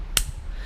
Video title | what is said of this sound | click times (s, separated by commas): Bosch Eco Wiper Blades Review & Fitment | Hear the click, okay, | 0.2 s